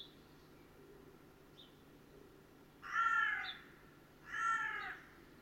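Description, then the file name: Carrion crow giving two harsh, hoarse caws about a second and a half apart, with a steady low hum underneath. "Corvus corone"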